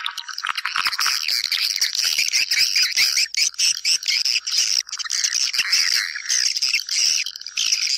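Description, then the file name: Swiftlets twittering: high, rapid chirps overlap into a steady chatter throughout. Lure sound used to attract swiftlets for nest farming. "Am thanh du yen"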